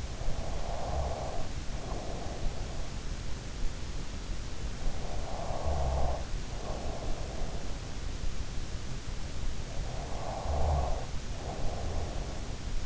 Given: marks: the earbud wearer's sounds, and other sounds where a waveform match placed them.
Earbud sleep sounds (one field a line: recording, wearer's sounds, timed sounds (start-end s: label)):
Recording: sounds in sleep by an in-ear microphone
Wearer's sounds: snoring breath, breath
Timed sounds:
0.00-3.33 s: snoring breath
4.84-7.89 s: breath
9.66-12.86 s: breath